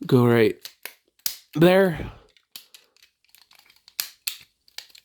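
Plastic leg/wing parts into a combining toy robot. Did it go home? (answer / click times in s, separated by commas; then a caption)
yes / 4.0 s, 4.3 s. Someone talks briefly, then handles the plastic leg and wing parts of a DX King-Ohger and God Kabuto transforming, combining toy robot set, with the wings folded down and the leg set, amid scattered light plastic taps. The parts are pushed together and give two sharp, loud clicks at 4.0 s and 4.3 s as they seat firmly into place with nice, solid clicks.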